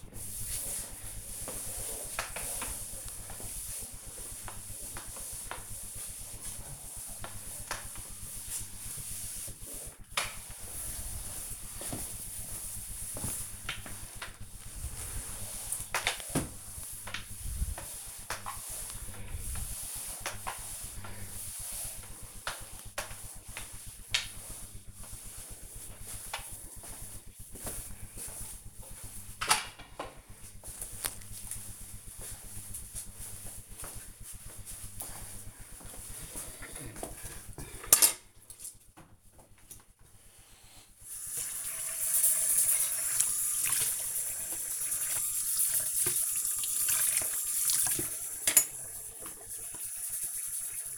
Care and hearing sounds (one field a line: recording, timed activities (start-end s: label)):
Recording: household activities, microphone on the right wrist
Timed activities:
0.00-26.32 s: floor cleaning
35.40-50.98 s: washing dishes